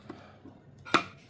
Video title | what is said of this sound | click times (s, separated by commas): AGARO hand blender and chopper unboxing and review | దీనికి కూడా lock అవుతుందండి, ఇలాగా లాక్ అవుతుంది. | 1.0 s